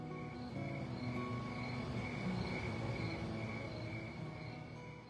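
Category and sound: vehicle, subway train running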